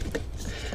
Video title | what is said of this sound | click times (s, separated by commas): 2005-2009 Ford Mustang - Convertible, trim, center console and carpet removal. | that wasn't the right one there we go I heard a snap good | 0.1 s